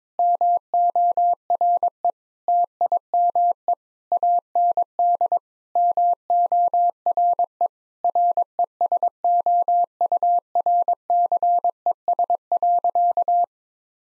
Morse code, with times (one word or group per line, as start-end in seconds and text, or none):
0.2-2.1 MORE
2.5-3.7 TIME
4.1-5.4 AND
5.8-7.7 MORE
8.0-13.4 RESOURCES.